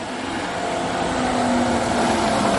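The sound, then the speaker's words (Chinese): A dense, steady wash of street traffic noise in Lisbon, heard through a recorder's headphones while walking from a narrow alley toward a wider street, that gradually swells louder, with a low droning engine hum running underneath and no voices. “我没有停下脚步，听见耳机里的车马声逐渐喧闹包围。”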